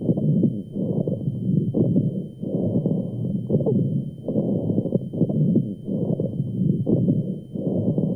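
Low-pitched, rumbling, coarse sounds fill repeated breath phases over an adult chest heard through a stethoscope, with scattered crackling bursts. These are rhonchi with crackles, added sounds that point to secretions in the larger airways.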